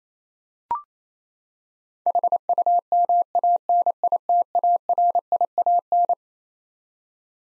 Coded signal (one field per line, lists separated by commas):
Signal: Morse code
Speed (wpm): 28 wpm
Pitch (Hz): 700 Hz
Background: none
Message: HUMANITARIAN